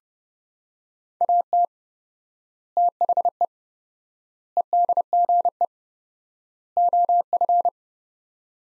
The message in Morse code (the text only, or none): AT THE EDGE OF